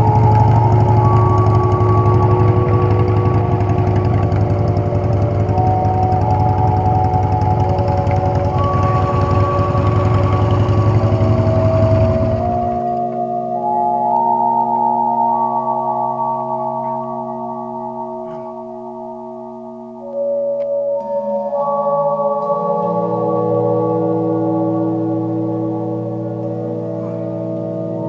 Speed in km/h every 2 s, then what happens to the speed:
0, 3, 2, 0, 3, 0, 2, 3, 6, 3, 0, 0, 0, 0.
3-6 standing. 10-13 standing. 13-20 steady at about 3. 20-28 standing.